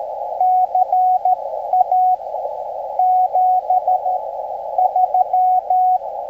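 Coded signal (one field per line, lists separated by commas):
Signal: Morse code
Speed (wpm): 22 wpm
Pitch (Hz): 750 Hz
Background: radio noise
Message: CA 73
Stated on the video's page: 20m CW POTA activation from a state recreation area on a Xiegu G90 at 20 W with a 20m delta loop antenna.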